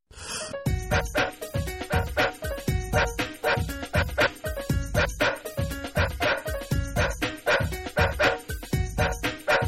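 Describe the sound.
Dog barking: many loud harmonic barks repeated steadily throughout.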